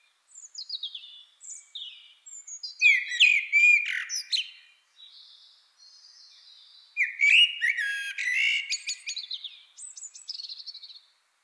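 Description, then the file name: Common blackbird song in two long bursts, scattered high thin notes, then a loud warbling phrase ending in shrill twitters, with a quiet interlude before the second. "Turdus merula"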